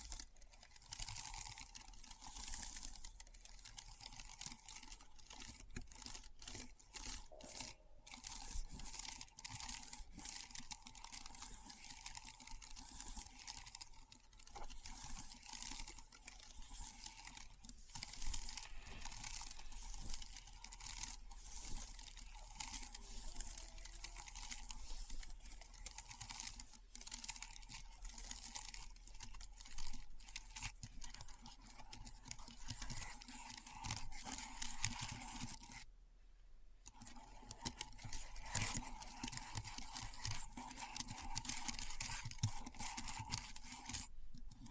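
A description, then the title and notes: Keyboard keys clatter in a dense, continuous run of bright clicks with a steady low hum beneath, pausing briefly around 36 seconds. ASMR Keyboard Sounds (No Talking).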